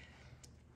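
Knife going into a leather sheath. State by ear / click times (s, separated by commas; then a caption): seated / 0.4 s. A knife is pushed back into a cam-loc welted leather pouch sheath, its half guard binding slightly on the leather welt before releasing. It pops into the sheath with a short, sharp click at 0.4 s over a low background hum, and the knife is seated.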